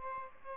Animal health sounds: mosquito wingbeat signal from an infrared sensor; Aedes albopictus

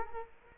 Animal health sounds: mosquito wingbeat signal from an infrared sensor; Culex quinquefasciatus

